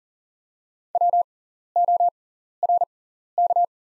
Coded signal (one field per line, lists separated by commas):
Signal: Morse code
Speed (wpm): 40 wpm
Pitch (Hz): 700 Hz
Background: none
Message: WORK